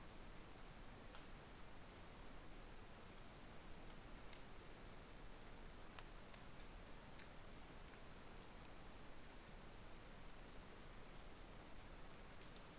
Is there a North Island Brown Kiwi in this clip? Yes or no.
no